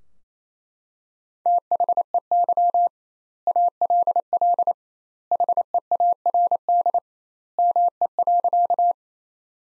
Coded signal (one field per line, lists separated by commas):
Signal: Morse code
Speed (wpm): 27 wpm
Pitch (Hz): 700 Hz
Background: none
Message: THEY ALL HEARD ME.